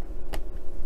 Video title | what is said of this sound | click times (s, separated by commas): Build a Spitfire MK1A issue 99 from Hachette | l'autre côté se clipsera là-bas | 0.3 s